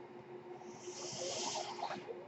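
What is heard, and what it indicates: Soft rushing airflow swells and fades over a steady low hum: a person's own mechanical ventilator delivering a breath.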